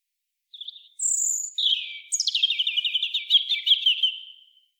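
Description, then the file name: European robin song: a thin high opening note, then a falling warble and a rapid twittering trill that slowly descends, about four seconds long, with no other sounds. "Erithacus rubecula"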